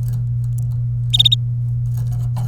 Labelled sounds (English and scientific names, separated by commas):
Domestic Canary (Serinus canaria) song